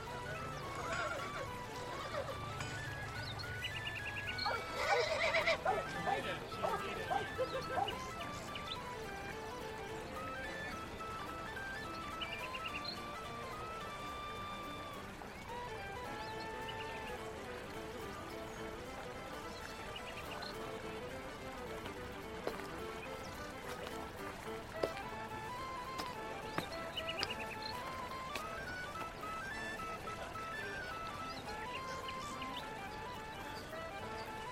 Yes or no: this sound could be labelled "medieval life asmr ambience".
yes